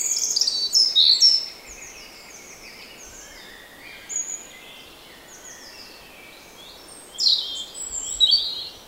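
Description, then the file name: European robin giving high thin twittering phrases, a burst at the start, a brief note midway and more near the end, separated by quiet pauses with soft hiss. "Erithacus rubecula"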